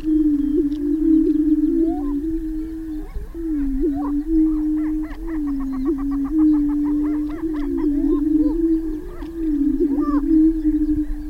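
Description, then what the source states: Greater prairie chickens produce a low, wavering booming hum throughout, with a run of rapid repeated cackles midway and a faint steady high tone in the background. Booming display of greater prairie chickens, recorded on 6 May 2005.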